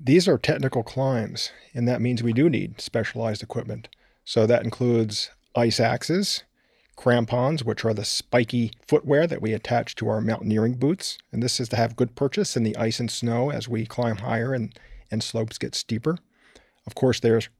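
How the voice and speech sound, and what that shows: An adult man, a mountain climber and co-founder of High Asia for Aphasia, speaks fluently at an even pace in a low, steady, clear voice, with brief natural pauses between phrases. He explains the specialized mountaineering gear needed for technical climbs. The articulation and voice quality sound ordinary.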